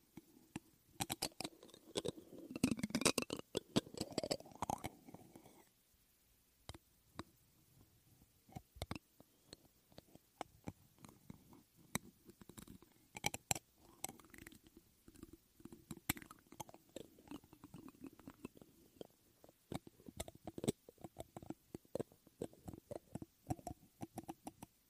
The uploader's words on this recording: ASMR THE ULTIMATE MIC TRIGGER TEST on NEW Blue Yeti Pro (mic brushing, mic scratching, no talking). Mic Scratching on Foam Mic Cover.